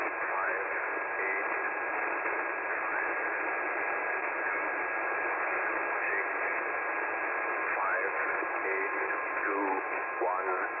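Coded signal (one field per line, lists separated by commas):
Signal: numbers station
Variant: E06, English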